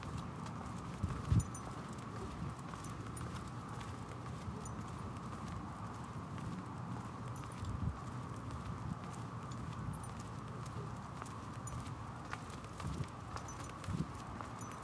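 A walk through city streets: a steady low rumble runs underneath with a thin, constant hum above it. Footsteps and occasional knocks break through, with sharper thuds around the one-second mark, near eight seconds, and again close to thirteen and fourteen seconds.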